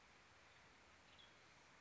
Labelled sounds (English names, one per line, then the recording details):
Western Tanager
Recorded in Sonoma County, California